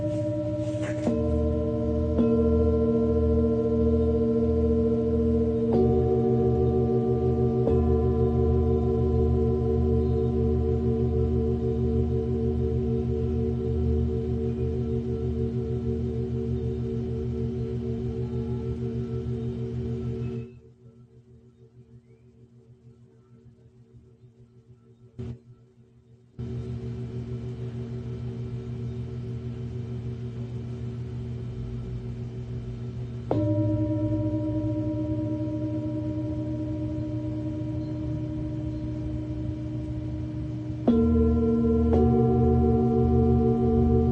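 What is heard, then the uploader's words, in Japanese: Singing bowls ring in a long, steady sound-healing drone, their low hum and several sustained overtones layered and gently pulsing. New strikes around 6, 33 and 41 seconds shift the blend of tones. Between about 20 and 26 seconds the sound drops to a thin, near-silent hum. メキシコから シンギングボウルのサウンドヒーリング。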